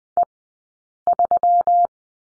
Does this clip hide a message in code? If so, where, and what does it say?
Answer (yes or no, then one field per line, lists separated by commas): yes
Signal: Morse code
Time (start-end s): 0.2-1.9 s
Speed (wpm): 20 wpm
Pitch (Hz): 700 Hz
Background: none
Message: E3